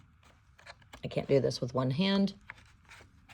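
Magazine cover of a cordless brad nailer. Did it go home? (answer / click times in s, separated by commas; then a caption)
no / none. Someone handles the sliding magazine cover of a cordless brad nailer after loading a strip of brad nails, with faint handling noises early on. They push it toward closed while someone talks. The cover has not latched or clicked yet.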